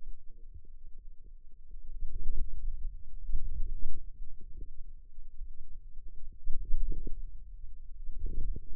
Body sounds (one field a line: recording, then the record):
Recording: forearm muscle sounds (acoustic myography)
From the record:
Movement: inward rotation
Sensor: system 2, bracelet of six BSWA MPA416 microphones around the upper forearm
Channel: 1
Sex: female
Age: 21 years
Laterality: right